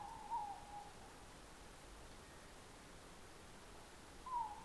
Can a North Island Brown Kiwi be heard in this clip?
no